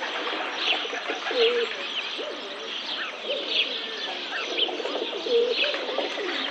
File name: rock pigeon